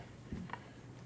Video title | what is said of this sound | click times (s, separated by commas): BOWA's Best Practices Video Series: Dust Control & Protection | it twist locks into place now | 0.5 s